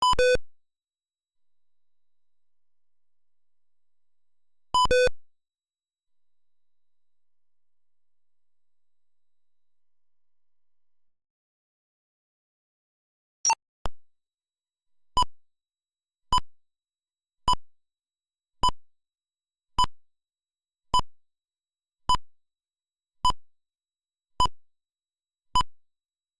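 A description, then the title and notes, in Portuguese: Computer speaker tones sound in short bursts against silence: two brief two-pitch beeps near the start and around five seconds, then after a long quiet gap, a steady series of identical short beeps about once a second from thirteen seconds to the end. PAPAULO.EXE demo - Clipper 1987 DOSBOX. O programa demonstra entrada de dados por teclado, saída de dados pela tela de diferentes estilos e a emissão de frequências de som pelo PC Speaker .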